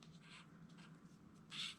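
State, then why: Not seated. A threaded part with an O-ring is gently guided by hand into the plenum of an FX Impact M3 air rifle so the O-ring is not pinched, before its threads are engaged. Soft scraping and rubbing sounds play over a steady low hum, with a brighter, louder scrape from about 1.5 to 1.7 seconds. Nothing has seated or clicked yet.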